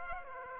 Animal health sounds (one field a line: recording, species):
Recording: mosquito wingbeat signal from an infrared sensor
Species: Aedes aegypti